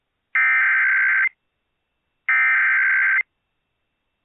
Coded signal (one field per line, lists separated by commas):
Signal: Emergency Alert System (SAME) tones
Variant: header bursts